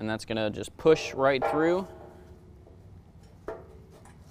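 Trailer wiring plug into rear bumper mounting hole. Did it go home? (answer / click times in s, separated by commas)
yes / 3.5 s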